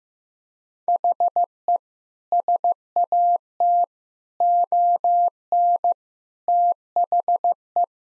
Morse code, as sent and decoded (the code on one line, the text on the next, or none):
.... . / ... .- - / --- -. / - .... .
HE SAT ON THE